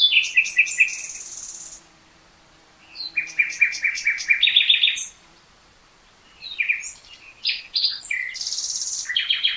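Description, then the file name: Common nightingale song: lively phrases of repeated sharp notes, buzzy bursts and chirps, broken by two clear pauses. "Luscinia megarhynchos"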